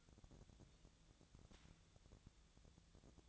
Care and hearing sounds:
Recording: daily activity, microphone in the room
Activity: take from stove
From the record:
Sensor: 3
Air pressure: 1000.0 hPa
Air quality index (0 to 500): 125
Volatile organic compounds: 2 ppm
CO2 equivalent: 1122 ppm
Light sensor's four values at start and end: 43/109/47/52 and 43/109/47/52

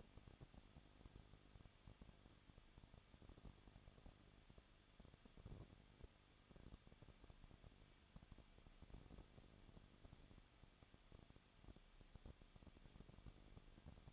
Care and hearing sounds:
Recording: daily activity, microphone in the room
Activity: no activity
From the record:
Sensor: 4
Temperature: 23.0 degrees Celsius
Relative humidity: 34.2%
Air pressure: 1007.2 hPa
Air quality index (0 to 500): 217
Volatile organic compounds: 16 ppm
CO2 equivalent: 2522 ppm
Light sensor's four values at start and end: 2/3/1/1 and 2/3/1/1

